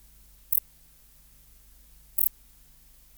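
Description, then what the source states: Bush-cricket giving three short, very high-pitched clicks at uneven intervals against a quiet background. Dated 14 December.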